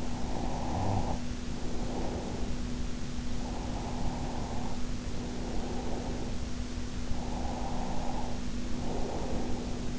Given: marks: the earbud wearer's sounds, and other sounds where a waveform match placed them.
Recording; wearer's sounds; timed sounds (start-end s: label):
sounds in sleep by an in-ear microphone; breath
0.00-2.56 s: breath
3.42-6.39 s: breath
6.85-9.99 s: breath